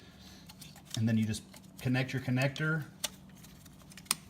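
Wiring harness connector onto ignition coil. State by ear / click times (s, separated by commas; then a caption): seated / 4.1 s. A wiring harness connector is pushed onto a new ignition coil on a BMW 335i N55 engine while someone talks. A single sharp, loud click comes at 4.1 s as the connector seats on the coil.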